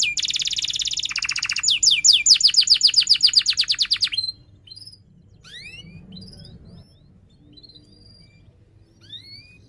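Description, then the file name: Canary delivers four seconds of dense, rapid trilled phrases, then falls to soft scattered rising chirps and faint whistles. Canary singing vigorously (gacor) with chirping 'cuit cuit' notes and sharp rolling trills (ngerol tajam). "Suara Kenari Gacor Cuit Cuit Ngerol Tajam"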